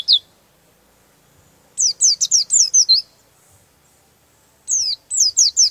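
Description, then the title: White-eye giving short bursts of thin, high descending twitters, one brief note, a pause, then an one-second phrase and another after a gap. "Pleci"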